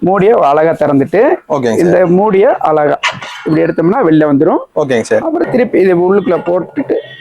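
A cutting blade disc is being handled for the head of a commercial vegetable cutter; it is taken out, and it is about to be put back inside the cutting chamber and turned until it locks. Someone talks throughout, and nothing has seated or clicked yet.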